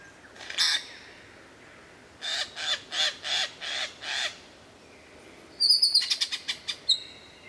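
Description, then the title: White-rumped shama: songbird giving a harsh, scratchy note, then six evenly spaced rasping calls, then a fast, high, ringing trill with sharp whistled notes at the end. Murai batu mastering recording. "mster Mnuk. Mastering Murai Batu"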